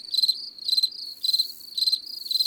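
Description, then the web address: Cricket chirping in regular pulsed bursts, about two per second, with a soft trill between them. In the garden. "Les grillons. un jour au jardin"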